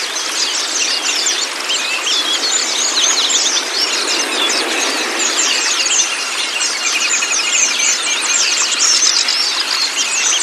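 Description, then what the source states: White-eye song of dense high chirps and short trills, steady and unbroken for the whole stretch. Therapy recording meant to get the bird to open its beak and sing; used for training pleci.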